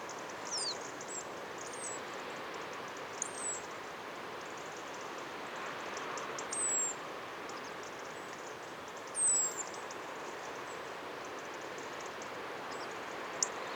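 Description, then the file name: European robin calling with faint, high, thin descending whistles repeated at irregular intervals of a few seconds, set against a broad wash of rushing background noise. "Erithacus rubecula"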